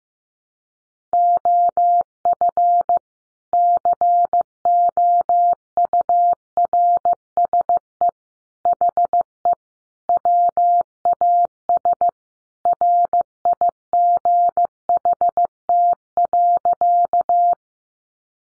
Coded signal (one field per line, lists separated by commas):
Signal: Morse code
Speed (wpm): 14 wpm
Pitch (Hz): 700 Hz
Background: none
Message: OF COURSE HE WAS RIGHT.